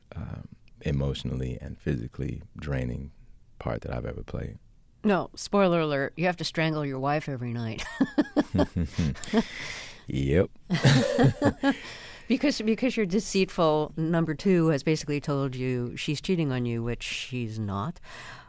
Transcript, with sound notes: emotionally and physically draining part that I've ever played.
Now, spoiler alert, you have to strangle your wife every night...
(LAUGHTER)
Yep.
(LAUGHTER)
...Because your deceitful No. 2 has basically told you she's cheating on you, which she's not.